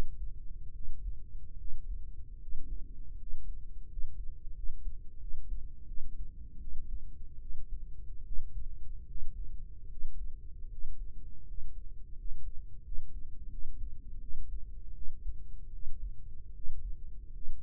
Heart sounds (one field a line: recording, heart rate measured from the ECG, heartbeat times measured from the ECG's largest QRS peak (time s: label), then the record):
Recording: heart sounds by microphone in the right ear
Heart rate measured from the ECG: 80 bpm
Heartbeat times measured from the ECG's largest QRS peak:
0.71 s: heartbeat
1.56 s: heartbeat
2.38 s: heartbeat
3.16 s: heartbeat
3.87 s: heartbeat
4.53 s: heartbeat
5.19 s: heartbeat
5.86 s: heartbeat
6.58 s: heartbeat
7.39 s: heartbeat
8.23 s: heartbeat
9.06 s: heartbeat
9.87 s: heartbeat
10.68 s: heartbeat
11.45 s: heartbeat
12.15 s: heartbeat
12.82 s: heartbeat
13.49 s: heartbeat
14.19 s: heartbeat
14.92 s: heartbeat
15.70 s: heartbeat
16.52 s: heartbeat
17.31 s: heartbeat
From the record:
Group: healthy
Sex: female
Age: 32 years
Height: 168 cm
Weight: 61.9 kg